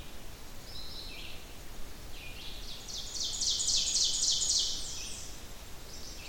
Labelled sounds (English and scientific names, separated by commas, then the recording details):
Ovenbird (Seiurus aurocapilla) song
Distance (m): 35 m
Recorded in boreal forest in Alberta, Canada, on 10 June 2016 at 07:32
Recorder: SongMeter 3, array SBT-3-39
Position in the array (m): 176 m, 168 m
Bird 17